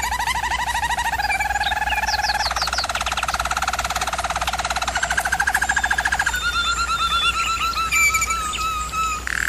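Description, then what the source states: German Roller canary singing continuous rattling rolls that shift in pitch, with short higher notes layered above; steady low hum. Singing, used for canary song training.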